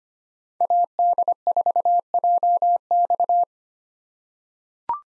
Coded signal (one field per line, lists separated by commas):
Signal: Morse code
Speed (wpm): 25 wpm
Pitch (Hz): 700 Hz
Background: none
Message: AD4JX